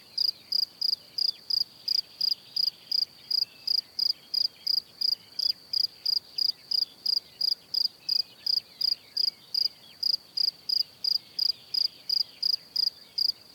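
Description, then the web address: Cricket song, a long, even series of high pulsed chirps, close to three per second, with faint birdsong in the background. "Kurs PTTK Przyroda Ptaki Świerszcze"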